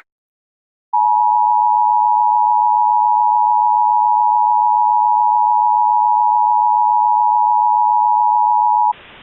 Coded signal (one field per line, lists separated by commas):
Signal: Emergency Alert System (SAME) tones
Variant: 853 and 960 Hz attention tone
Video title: EAS Reenactment Mock: Webb County Severe Thunderstorm Warning